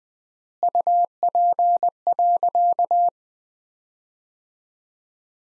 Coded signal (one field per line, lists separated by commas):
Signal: Morse code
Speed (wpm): 20 wpm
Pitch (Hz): 700 Hz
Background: none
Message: UP.